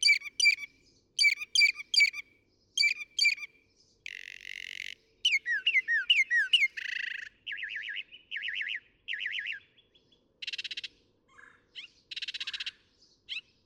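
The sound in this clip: Northern mockingbird song, varied phrases each repeated several times: chirpy triplets, buzzy bursts, rapid slurred notes and trills, changing every second or two.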